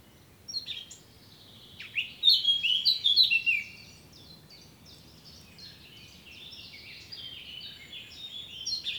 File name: Sylvia atricapilla